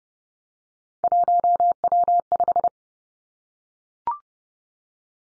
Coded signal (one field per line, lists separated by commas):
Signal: Morse code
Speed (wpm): 30 wpm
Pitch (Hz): 700 Hz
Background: none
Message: 1W5